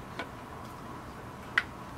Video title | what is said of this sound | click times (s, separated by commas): The VAC Procedure (Wound VAC) | hear the click it's good and you're set okay the clicks are all so weak | 1.6 s